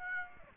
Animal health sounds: mosquito wingbeat signal from an infrared sensor; Aedes aegypti

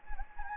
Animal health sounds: mosquito wingbeat signal from an infrared sensor; Anopheles gambiae

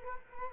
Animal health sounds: mosquito wingbeat signal from an infrared sensor; Culex quinquefasciatus

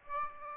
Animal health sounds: mosquito wingbeat signal from an infrared sensor; Aedes aegypti

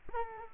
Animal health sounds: mosquito wingbeat signal from an infrared sensor; Culex quinquefasciatus

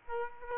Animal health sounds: mosquito wingbeat signal from an infrared sensor; Aedes aegypti

